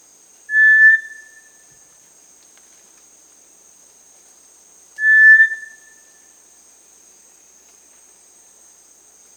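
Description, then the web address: Cinereous tinamou song: a single pure, steady whistle repeated about every four and a half seconds, with a faint high hiss throughout. South America. "Natures Songs S America Cinereous Tinamou"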